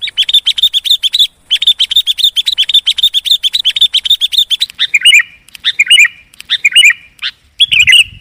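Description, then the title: Lovebird chatter, a long fast rattle of high twittering notes, then slower sharp downslurred chirps. Used as a lure sound for trapping birds. "PIKAT BURUNG LOVEBIRD"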